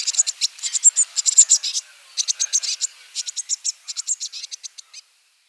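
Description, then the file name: Eurasian blue tit giving a fast series of high, dry scratchy notes in several short bursts, then silence. "Cyanistes caeruleus"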